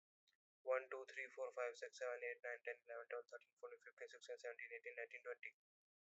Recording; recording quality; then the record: counting at a fast pace; excellent, no background noise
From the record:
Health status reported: healthy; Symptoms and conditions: none ticked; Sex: male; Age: 23 years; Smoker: not ticked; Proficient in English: yes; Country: India